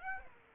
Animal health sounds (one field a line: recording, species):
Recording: mosquito wingbeat signal from an infrared sensor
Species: Aedes aegypti